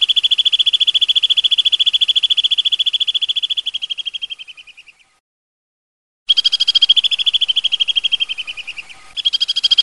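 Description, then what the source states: Bird song: a long, rapid, pulsed trill held at one high pitch, sliding downward as it fades, then a pause before a new trill starts. Bird ringtone, described as a bird with a melodious voice.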